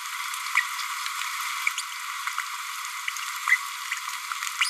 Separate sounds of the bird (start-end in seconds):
1.77-1.82, 3.49-3.58